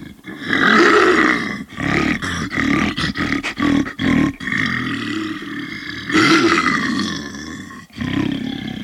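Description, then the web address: Bear giving rough harmonic roars, starting with a long bellow, then a series of choppy grunts before further sustained roaring. "zvuky medved"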